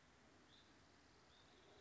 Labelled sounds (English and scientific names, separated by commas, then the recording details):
Hutton's Vireo (Vireo huttoni)
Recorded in Sonoma County, California